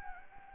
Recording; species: mosquito wingbeat signal from an infrared sensor; Anopheles gambiae